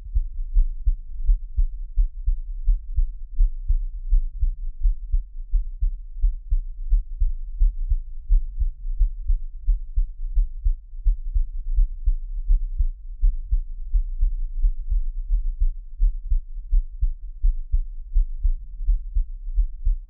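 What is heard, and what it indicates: An adult's own steady, low, thumping heartbeat at about 86 beats a minute, heard close up as an ASMR heartbeat with no talking.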